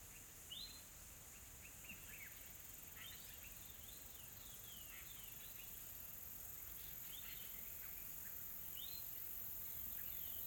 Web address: GDC 2020-Game Audio Bundle Smart Sound FX - Nature South Africa AMBIENCE Additional Tropical Forest Soft Insects Calm